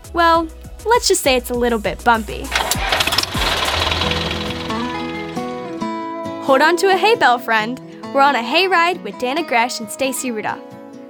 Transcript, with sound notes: well, let’s just say it’s a little bumpy. [tractor] Hold on to a hay bale, friend! We’re on a hay ride with Dannah Gresh and Staci Rudolph.